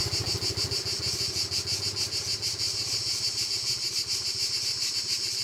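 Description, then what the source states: Cicadas in a steady high buzzing chorus, pulsing a few times per second, with a low rumbling hum underneath. Cicadas recorded at Castelvecchio di Rocca, Liguria, Italy.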